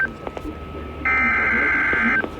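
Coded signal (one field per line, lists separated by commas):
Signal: Emergency Alert System (SAME) tones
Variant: header bursts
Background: speech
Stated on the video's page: Flash flood warning received from NOAA Weather Radio stations.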